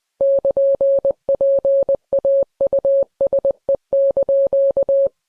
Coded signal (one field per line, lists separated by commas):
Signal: Morse code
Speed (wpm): 20 wpm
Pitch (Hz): 550 Hz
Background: none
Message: <KN>PAUSE)